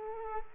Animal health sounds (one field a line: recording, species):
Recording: mosquito wingbeat signal from an infrared sensor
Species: Culex quinquefasciatus